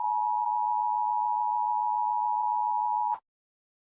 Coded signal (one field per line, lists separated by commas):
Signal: Emergency Alert System (SAME) tones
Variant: 853 and 960 Hz attention tone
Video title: Torn-Nightmare - An EAS Scenario